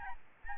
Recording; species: mosquito wingbeat signal from an infrared sensor; Aedes albopictus